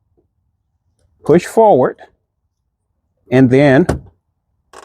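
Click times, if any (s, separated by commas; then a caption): none. A side marker light housing for a Porsche 911 is inserted front-first at an angle into the fender opening and pushed forward while someone talks. A faint short tap comes near the end, but nothing has seated or clicked yet.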